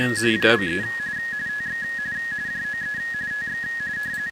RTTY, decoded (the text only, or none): JOE TX JOE TX